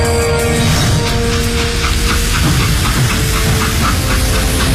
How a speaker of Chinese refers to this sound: 就在这天深夜里，距离河北保定这片青纱帐附近的平汉铁路上，伴随着一声汽笛，一列火车正在飞速疾驰。